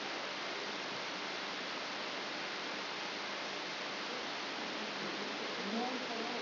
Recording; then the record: brain microelectrode recording played as sound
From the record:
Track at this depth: inside the subthalamic nucleus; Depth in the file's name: 5.101 mm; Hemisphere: left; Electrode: 3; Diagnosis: Parkinson's disease